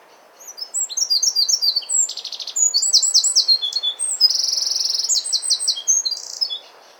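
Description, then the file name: Eurasian wren pouring out a shrill, fast song of ringing notes and buzzy, machine-gun trills for about six seconds over a low background hiss. "Troglodytes troglodytes"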